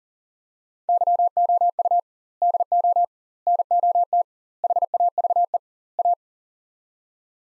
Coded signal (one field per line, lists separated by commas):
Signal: Morse code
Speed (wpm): 40 wpm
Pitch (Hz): 700 Hz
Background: none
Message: YOU DO NOT HAVE A